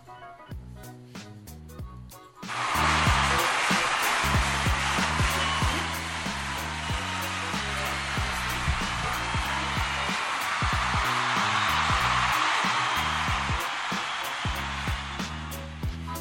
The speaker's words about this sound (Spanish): Y bueno, después de este aplauso tan emotivo y tan real